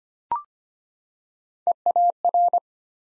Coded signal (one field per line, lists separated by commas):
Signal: Morse code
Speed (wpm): 25 wpm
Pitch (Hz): 700 Hz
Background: none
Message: EAR